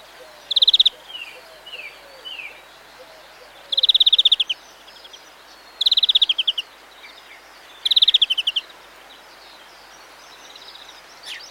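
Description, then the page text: European greenfinch song: four bright buzzy trilled bursts, with softer slurred whistles and chirps between them. Recorded with mistle thrush, collared dove, house sparrows and skylark audible in the background. "Sound Effects-BBC. Greenfinch, with mistle thrush, collared dove, house sparrows, and skhlark in background"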